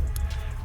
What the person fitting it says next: You heard that click? Yeah, the sensor ain't going nowhere